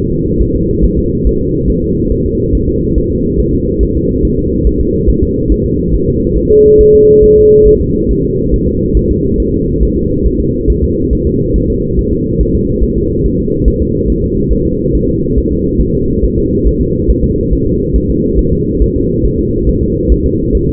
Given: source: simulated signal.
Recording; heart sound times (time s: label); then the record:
fetal heart sounds
0.12 s: S2
0.41 s: S1
0.56 s: S2
0.84 s: S1
0.98 s: S2
1.27 s: S1
1.41 s: S2
1.70 s: S1
1.84 s: S2
2.12 s: S1
2.26 s: S2
2.55 s: S1
2.69 s: S2
2.98 s: S1
3.12 s: S2
3.40 s: S1
3.54 s: S2
3.83 s: S1
3.97 s: S2
4.25 s: S1
4.39 s: S2
4.67 s: S1
4.81 s: S2
5.09 s: S1
5.23 s: S2
5.52 s: S1
5.66 s: S2
5.94 s: S1
6.09 s: S2
6.38 s: S1
6.51 s: S2
6.81 s: S1
6.95 s: S2
7.24 s: S1
7.38 s: S2
7.67 s: S1
7.81 s: S2
8.11 s: S1
8.25 s: S2
8.54 s: S1
8.68 s: S2
8.97 s: S1
9.11 s: S2
9.40 s: S1
9.54 s: S2
9.83 s: S1
9.97 s: S2
10.26 s: S1
10.41 s: S2
10.70 s: S1
10.84 s: S2
11.13 s: S1
11.27 s: S2
11.56 s: S1
11.70 s: S2
11.99 s: S1
12.13 s: S2
12.41 s: S1
12.55 s: S2
12.84 s: S1
12.97 s: S2
13.26 s: S1
13.40 s: S2
13.68 s: S1
13.82 s: S2
14.10 s: S1
14.24 s: S2
14.53 s: S1
14.67 s: S2
14.95 s: S1
15.09 s: S2
15.38 s: S1
15.52 s: S2
15.81 s: S1
15.95 s: S2
16.25 s: S1
16.38 s: S2
16.67 s: S1
16.81 s: S2
17.10 s: S1
17.24 s: S2
17.53 s: S1
17.67 s: S2
17.96 s: S1
18.10 s: S2
18.39 s: S1
18.53 s: S2
18.82 s: S1
18.96 s: S2
19.25 s: S1
19.39 s: S2
19.69 s: S1
19.83 s: S2
20.12 s: S1
20.26 s: S2
20.55 s: S1
20.69 s: S2
From the record:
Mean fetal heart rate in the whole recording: 140 bpm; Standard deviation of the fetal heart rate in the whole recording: 2 bpm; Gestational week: 34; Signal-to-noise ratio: -10.2 dB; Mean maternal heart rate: 72 bpm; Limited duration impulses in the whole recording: present